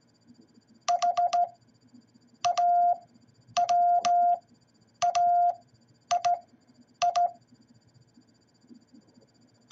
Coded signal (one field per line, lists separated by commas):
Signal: Morse code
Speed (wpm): 16 wpm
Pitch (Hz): 700 Hz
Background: none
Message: HAWAII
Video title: What Is Hawaii In Morse Code?